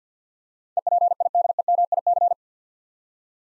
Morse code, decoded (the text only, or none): EPIDEMIC